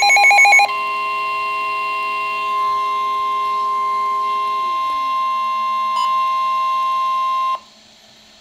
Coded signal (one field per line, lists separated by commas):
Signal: Emergency Alert System (SAME) tones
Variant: 1050 Hz attention tone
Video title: NOAA Weather Radio: Severe Thunderstorm Warning (EAS #117)